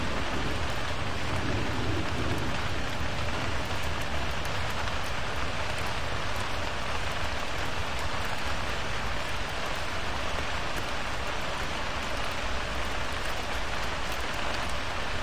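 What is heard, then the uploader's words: Heavy rain pours steadily throughout, a dense, even hiss spread from low to bright tones with no letup. Underneath, a low rumble swells in the first few seconds, like thunder, then settles into a constant deep murmur beneath the downpour. Thunderstorm and Rain Sounds for Sleeping | White Noise Thunder with Rainstorm.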